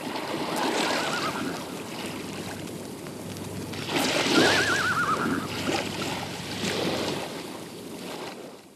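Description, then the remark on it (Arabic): Broad, rushing surf noise rises and falls in swells, with a louder surge midway and a faint tonal warble above it. No one speaks. “هنا يا طارق، وأمام هذا البحر وقف جواد عقبة بن نافع، فحال هذا البحر بينه وبين متابعة الجهاد.”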